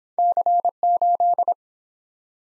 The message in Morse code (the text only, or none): C8